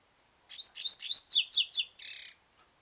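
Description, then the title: Double-collared seedeater song: a quick run of bright, rising and falling whistled notes, then a harsher buzzy ending, all high-pitched and lasting under two seconds. "Canto Coleiro"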